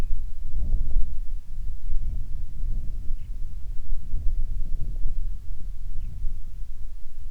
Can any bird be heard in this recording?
yes